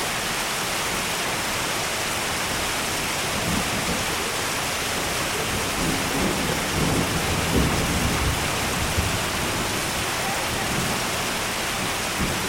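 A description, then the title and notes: Rain falls in a dense, steady hiss that fills the whole recording at an even loudness. Beneath it, a low rumble swells and fades between roughly three and nine seconds, like distant thunder rolling under the downpour. The sounds of rain and thunder.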